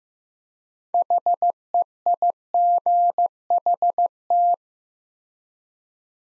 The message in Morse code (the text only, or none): HEIGHT